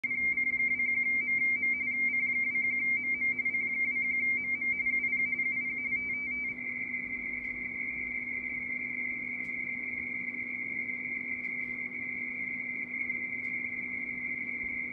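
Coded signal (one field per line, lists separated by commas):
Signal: RTTY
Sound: continuous fast warbling two-tone chatter around 2 kHz, with a low hum underneath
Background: low hum, radio noise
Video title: C21MM 20m RTTY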